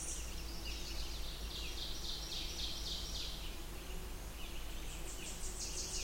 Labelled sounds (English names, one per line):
Ovenbird song